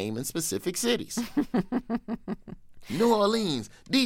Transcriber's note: laughter